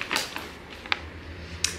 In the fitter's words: click fatto.